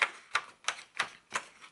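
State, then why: Seated. A punched paper budget page is pressed onto the plastic discs of a disc-bound planner, producing a series of short, sharp snaps, one per disc, at about 0.4, 0.7, 1.0 and 1.4 seconds. The page seats fully onto the binding discs.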